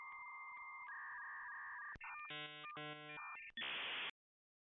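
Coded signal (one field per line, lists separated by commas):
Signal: dial-up modem handshake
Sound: steady dialing tones, buzzy tone bursts and beeps, then a rush of harsh static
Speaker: so let's get as much of the dialup sound as we want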